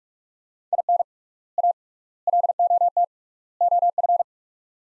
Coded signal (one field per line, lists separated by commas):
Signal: Morse code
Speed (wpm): 47 wpm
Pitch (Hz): 700 Hz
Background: none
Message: IN A LOT OF